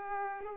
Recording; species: mosquito wingbeat signal from an infrared sensor; Culex pipiens